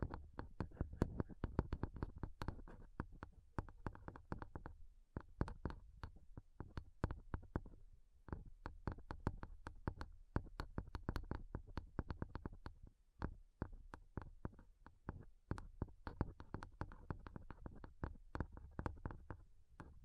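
Fingernails tap rapidly on a microphone in dense, uneven bursts of sharp clicks, each with a thumpy low body. The tapping runs almost nonstop, thinning into sparser strikes around five, eight and thirteen seconds before picking up again.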